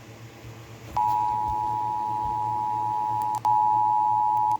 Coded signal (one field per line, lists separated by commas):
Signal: Emergency Alert System (SAME) tones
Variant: 853 and 960 Hz attention tone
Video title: EAS #101/112 | Minnesota's Required Monthly Test - 06/07/2023